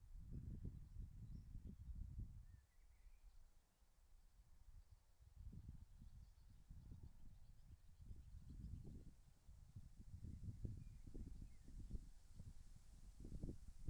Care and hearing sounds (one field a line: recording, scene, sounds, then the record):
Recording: everyday scene through a hearing-aid microphone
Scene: wind on the microphone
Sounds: wind, birds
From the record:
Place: in front of a rural house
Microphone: behind the ear, left, front